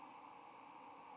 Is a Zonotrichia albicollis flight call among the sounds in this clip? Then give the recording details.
no. No flight call is heard. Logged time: 11:08 on 8 November 2014